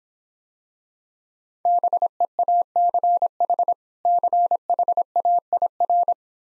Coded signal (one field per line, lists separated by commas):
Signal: Morse code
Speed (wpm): 26 wpm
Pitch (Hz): 700 Hz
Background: none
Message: BEACH CHAIR